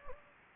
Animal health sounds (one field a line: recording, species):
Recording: mosquito wingbeat signal from an infrared sensor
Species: Anopheles gambiae